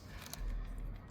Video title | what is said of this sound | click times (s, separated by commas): GSXR 1000 Velocity Stack Installation. Carbon Smith Velocity Stacks. | Pops right in place. | 0.3 s